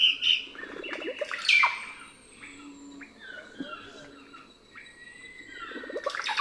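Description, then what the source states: Russet-backed oropendola songs, with low bubbling rattles and liquid gurgles at the start and again near the end, amid a busy chorus of whistles and chirps from other birds. Several russet-backed oropendolas in a soundscape.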